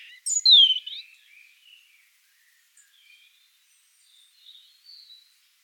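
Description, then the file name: European robin with a loud, sharply descending high whistle at the start, followed by several faint, thin, scattered high notes over the next few seconds. "Erithacus rubecula"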